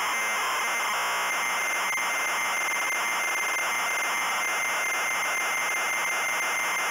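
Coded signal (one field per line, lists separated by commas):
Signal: ZX Spectrum tape loading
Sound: continuous harsh buzzing data screech with a steady high whine, occasional brief dropouts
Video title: Rainbow Beer Megademo Tape Loading Example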